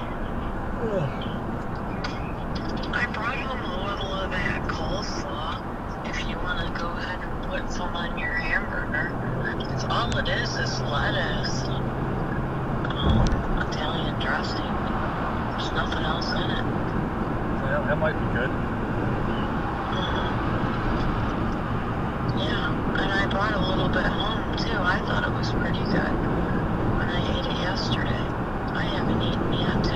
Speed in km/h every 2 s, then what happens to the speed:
97, 97, 95, 95, 97, 101, 106, 106, 109, 113, 113, 113, 113, 114, 116.
0-7 steady at about 95. 7-18 speeds up to 113. 18-30 steady at about 113.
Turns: none.